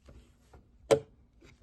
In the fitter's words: There it is. You heard it snap in.